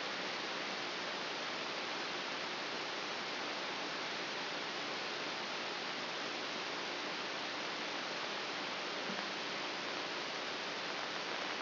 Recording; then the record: brain microelectrode recording played as sound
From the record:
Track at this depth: outside the subthalamic nucleus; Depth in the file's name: 5.601 mm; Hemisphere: right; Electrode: 3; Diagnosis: Parkinson's disease